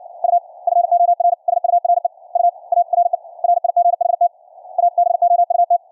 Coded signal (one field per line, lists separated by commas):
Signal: Morse code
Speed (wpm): 60 wpm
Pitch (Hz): 700 Hz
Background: none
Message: U FOR SURE U ARE RIGHT ABOUT